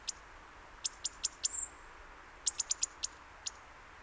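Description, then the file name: European robin calls: clipped high ticks in two loose bursts, with one thin, short high whistle between them. "Erithacus rubecula"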